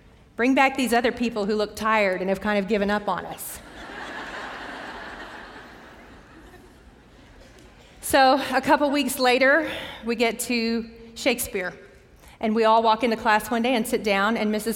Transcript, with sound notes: Bring back these other people who look tired and have kind of given up on us." [laughter] So a couple weeks later we get to Shakespeare, and we all walk into class one day and sit down, and Mrs.